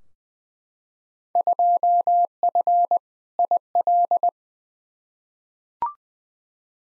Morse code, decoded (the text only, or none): 2F IL